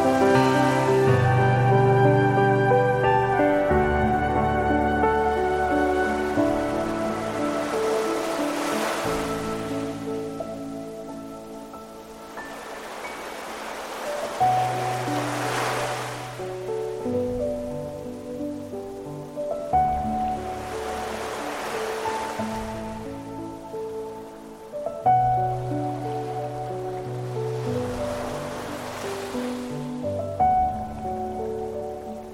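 Piano and flute play a slow, steady melody over a low sustained bass, while sea waves swell and wash in roughly every five seconds.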